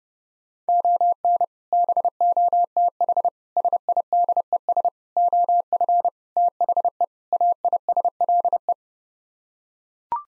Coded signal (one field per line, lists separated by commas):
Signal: Morse code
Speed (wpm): 30 wpm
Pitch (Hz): 700 Hz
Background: none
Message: ON BOTH SIDES OF THE AISLE